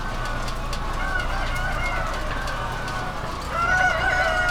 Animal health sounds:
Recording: poultry house recording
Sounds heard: healthy chickens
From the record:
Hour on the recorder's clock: 21

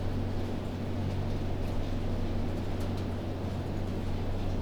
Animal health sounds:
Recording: poultry house recording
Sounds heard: no chicken sound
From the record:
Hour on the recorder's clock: 23

